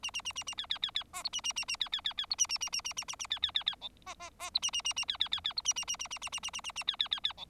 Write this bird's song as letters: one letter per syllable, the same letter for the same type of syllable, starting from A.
A A A A A B B B B C D A A A A B B B B D A A A A A A A A B B B B E C C C D A A A A B B B B D A A A A A A A A A A A B B B B E